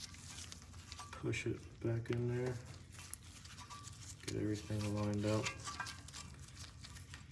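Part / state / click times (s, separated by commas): hub assembly part pushed back into place on a wheel hub / not seated / none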